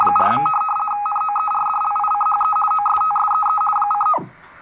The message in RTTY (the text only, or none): 4. NOERDLICHE OSTSEE :9